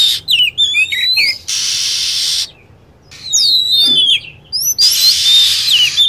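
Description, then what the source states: Lovebird calls: rapid, shrill chirps that swoop down in pitch, with spells of broad hissing noise and short pauses in between. Lure sound played to attract lovebirds.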